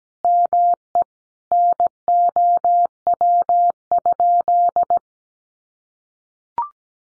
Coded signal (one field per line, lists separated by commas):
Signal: Morse code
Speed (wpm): 17 wpm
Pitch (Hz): 700 Hz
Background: none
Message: ME NOW?